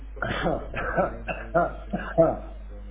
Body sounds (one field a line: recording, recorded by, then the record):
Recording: voluntary cough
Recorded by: telephone call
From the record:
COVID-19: positive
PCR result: checked with the laboratory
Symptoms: no